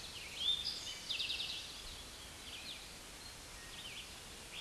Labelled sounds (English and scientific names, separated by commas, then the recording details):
Eastern Towhee (Pipilo erythrophthalmus) song
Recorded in a Pennsylvania forest on 16 May 2024 at 06:05
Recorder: AudioMoth, point MSD-2287
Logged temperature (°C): 11.2 °C
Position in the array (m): 109 m, 6 m